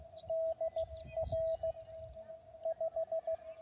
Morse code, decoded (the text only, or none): DR 5